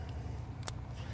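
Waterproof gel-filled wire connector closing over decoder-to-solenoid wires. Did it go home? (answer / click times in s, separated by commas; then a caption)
yes / 0.6 s, 0.7 s. A waterproof, gel-filled plastic wire connector is snapped shut over the decoder-to-solenoid wires after the second solenoid wire has been pushed fully into the sealant, while a decoder is being connected to a valve on a Hunter I-Core 2-wire controller. Against a low hum, a quick double snap sounds at 0.6 s and 0.7 s, the second much louder. The connector closes with a good, firm snap.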